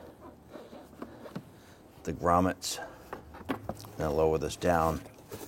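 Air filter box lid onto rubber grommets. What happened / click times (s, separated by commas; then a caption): A plastic lid is handled and lowered but has not yet snapped into place / none. A plastic air filter box lid is handled and lowered toward its rubber grommets while someone talks, with a few light handling taps around 1.0, 1.4 and 3.1–3.8 seconds. The clip ends before the lid is pushed down, so nothing has seated or popped into place yet.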